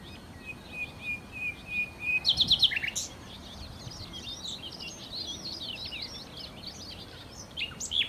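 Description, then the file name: Common nightingale song: a long, steady, pure whistle, then a quick burst of hard repeated notes and a tumble of varied twittering phrases. "Nachtigall"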